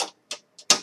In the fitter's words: locks in place